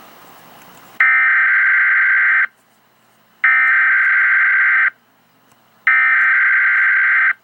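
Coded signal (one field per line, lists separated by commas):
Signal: Emergency Alert System (SAME) tones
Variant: header bursts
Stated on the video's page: Fictional EAS alarm.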